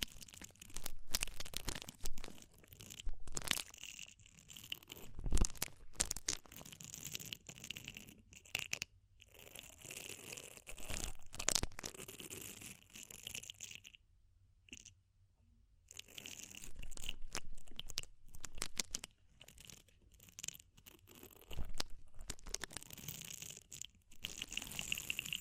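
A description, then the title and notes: Deep ear cleaning sounds: dense, crackling scratches and rubbing with frequent sharp crunchy clicks scattered throughout. The texture is bright and busy, broken by brief near-silent gaps around 9 and 14–16 seconds before the scraping resumes. ASMR DEEP Ear Penetrating Cleaning (No Talking).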